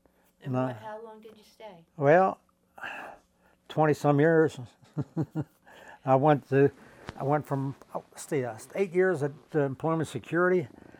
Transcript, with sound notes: and —
And what — how long did you stay?
Well, 20-some years. [chuckles] I went to — I went from — let's see, eight years at Employment Security.